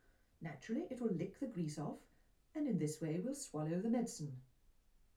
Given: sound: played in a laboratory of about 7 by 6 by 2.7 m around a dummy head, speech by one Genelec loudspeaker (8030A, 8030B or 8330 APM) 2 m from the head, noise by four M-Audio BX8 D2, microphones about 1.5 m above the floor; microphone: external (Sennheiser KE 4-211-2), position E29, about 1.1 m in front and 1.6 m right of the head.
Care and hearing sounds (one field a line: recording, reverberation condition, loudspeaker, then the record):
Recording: female speech in English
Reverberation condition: low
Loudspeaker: 30 degrees to the left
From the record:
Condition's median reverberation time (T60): about 310 ms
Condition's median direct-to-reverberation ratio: about 3.5 dB